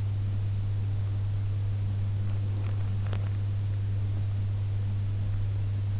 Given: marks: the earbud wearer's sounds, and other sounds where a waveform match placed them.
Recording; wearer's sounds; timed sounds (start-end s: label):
sounds in sleep by an in-ear microphone; teeth grinding
2.47-3.41 s: teeth grinding